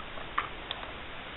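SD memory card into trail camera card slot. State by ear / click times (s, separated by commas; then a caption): seated / 0.4 s. A plastic SD memory card is pushed with a thumbnail into the spring-loaded push-push slot of an ENKLOV trail camera, latching with a sharp click at 0.4 s and staying in place. A second, fainter tick follows at 0.7 s over a low, steady background hiss.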